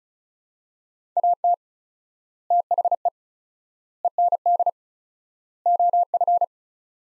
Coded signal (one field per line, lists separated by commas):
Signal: Morse code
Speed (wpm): 34 wpm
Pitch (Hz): 700 Hz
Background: none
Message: AT THE END OF